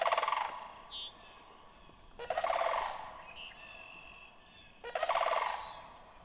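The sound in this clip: Sandhill crane with three harsh rolling rattles spaced over two seconds apart, a brief descending whistle from another bird between the first two.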